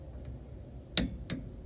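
A click-type torque wrench set to 40 foot-pounds tightens the castle nut on a new tie rod end of a 1967-76 Mopar A-Body. Over a quiet background, the wrench gives a short, sharp, subtle click at 1.0 s, followed by a fainter tick at 1.3 s. The click confirms the nut has reached the 40 foot-pound setting.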